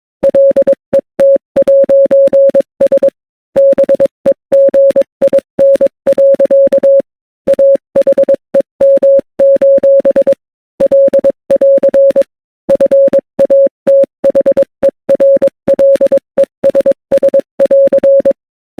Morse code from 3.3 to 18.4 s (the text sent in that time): BEGIN. AHEM: L<AR> FATHERLESS<AR>